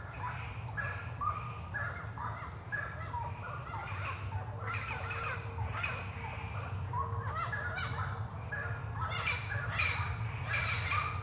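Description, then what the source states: Birds in an intense, crowded chorus of rapid chirps and bent notes, partly masked by heavy low rumbling noise and a steady high-pitched drone. Birds singing at night; intense song.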